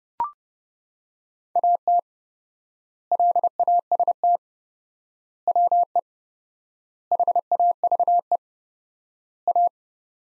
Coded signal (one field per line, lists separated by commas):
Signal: Morse code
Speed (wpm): 32 wpm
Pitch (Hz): 700 Hz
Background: none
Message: AT LAST WE HAVE A